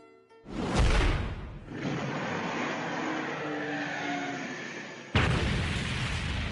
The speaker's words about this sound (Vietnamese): Tựa như tiếng trống trận từ chiến trường viễn cổ bị gióng lên, tiếng nổ trầm thấp đó khiến người ta lỡ một nhịp.